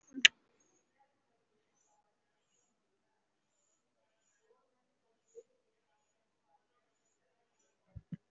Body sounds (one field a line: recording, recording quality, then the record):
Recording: shallow breathing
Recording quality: moderate, slight background noise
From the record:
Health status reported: respiratory illness, not identified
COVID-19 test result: negative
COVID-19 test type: RT-PCR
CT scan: not taken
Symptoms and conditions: breathing difficulty, muscle pain, another respiratory illness, another condition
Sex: female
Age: 37 years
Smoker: no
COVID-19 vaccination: one dose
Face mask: worn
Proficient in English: no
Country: India